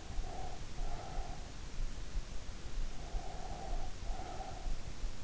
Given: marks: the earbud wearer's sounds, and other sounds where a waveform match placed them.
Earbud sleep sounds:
sounds in sleep by an in-ear microphone; breath
0.13-1.77 s: breath
2.98-5.10 s: breath

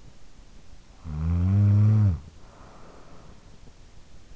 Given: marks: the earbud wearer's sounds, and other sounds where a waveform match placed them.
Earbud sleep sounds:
sounds in sleep by an in-ear microphone; snoring breath
0.62-3.67 s: snoring breath

